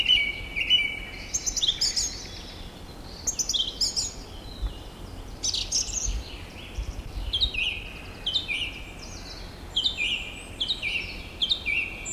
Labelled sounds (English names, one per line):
Song Thrush song